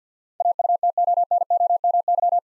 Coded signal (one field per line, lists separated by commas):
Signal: Morse code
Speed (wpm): 45 wpm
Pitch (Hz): 700 Hz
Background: none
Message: AUTONOMY